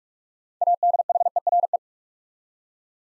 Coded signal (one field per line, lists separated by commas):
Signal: Morse code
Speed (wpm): 44 wpm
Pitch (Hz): 700 Hz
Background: none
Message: ADHERE